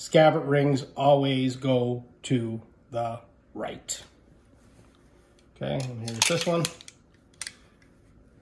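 A second SA dagger is pushed home into its scabbard, its crossguard meeting the upper scabbard fitting with a sharp click at 7.4 s. Someone talks before and after. It seats with a nice fit.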